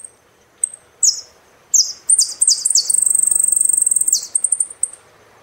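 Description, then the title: Saffron finch song: sharp high chips build into a quick run of descending buzzy slurs and a rapid trill, then scattered chips again. "Jilguero Argentino"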